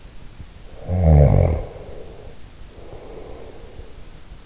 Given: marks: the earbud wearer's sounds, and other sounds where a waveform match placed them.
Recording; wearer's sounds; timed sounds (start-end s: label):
sounds in sleep by an in-ear microphone; snoring breath
0.63-3.83 s: snoring breath